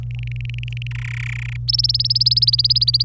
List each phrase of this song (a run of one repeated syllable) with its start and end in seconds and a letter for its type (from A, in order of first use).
0.11-0.87 A, 0.91-1.56 B, 1.68-3.03 C